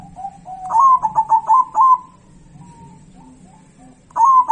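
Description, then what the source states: Zebra dove song: soft lower coos lead into a rapid series of rolling staccato notes, with quieter coos after and another phrase starting at the end. Song of a local zebra dove.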